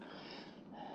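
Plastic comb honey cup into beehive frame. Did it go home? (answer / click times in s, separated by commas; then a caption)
no / none. A plastic comb honey cup is handled against a plastic beehive frame, with a steady, broadband rustling and scraping and a brief brighter burst right at the end. Nothing has seated or clicked into the frame yet.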